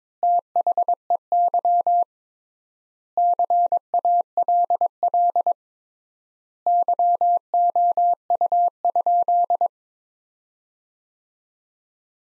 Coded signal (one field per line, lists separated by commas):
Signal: Morse code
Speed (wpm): 22 wpm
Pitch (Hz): 700 Hz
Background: none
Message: THEY CALL YOU?